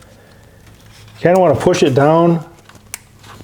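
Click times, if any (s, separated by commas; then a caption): 2.9 s. Someone talks from about 1.2 to 2.4 s while a wiring harness connector is pushed down onto a fuel injector on a Chrysler 200 3.6L V6. After a faint tick near 2.7 s, a sharp click at 2.9 s marks the connector seating on the injector.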